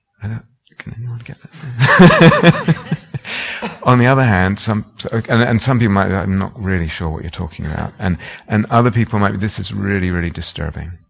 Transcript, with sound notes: Can anyone get that? [laughter] On the other hand, some people might be like, "I'm not really sure what you're talking about." And other people might be, "This is really, really disturbing.